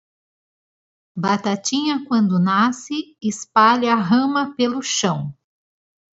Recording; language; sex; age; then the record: short text; Brazilian Portuguese; female; 40 to 49 years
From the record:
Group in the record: control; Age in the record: 45 years